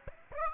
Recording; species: mosquito wingbeat signal from an infrared sensor; Aedes aegypti